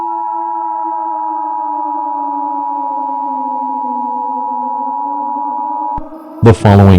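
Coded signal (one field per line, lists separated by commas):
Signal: Emergency Alert System (SAME) tones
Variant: 853 and 960 Hz attention tone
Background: speech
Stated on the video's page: Fictional SCP-themed EAS alert, simulated.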